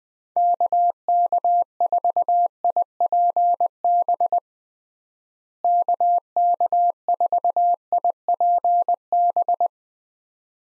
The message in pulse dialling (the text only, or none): none